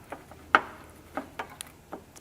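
After the HID connector is attached with the blue wire on the right, an HID bulb with metal retaining tabs is pushed into the headlight housing of a 2014–2017 Jeep Cherokee. A sharp, loud click at 0.6 s marks the bulb snapping in, surrounded by several fainter ticks and taps. The bulb is seated in the housing.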